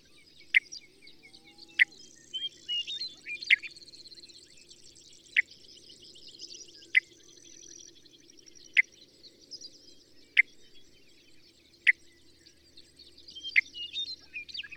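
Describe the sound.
Bird song: high twittering and trills throughout, with sharp descending chips repeated every one to two seconds, and a low constant hum beneath.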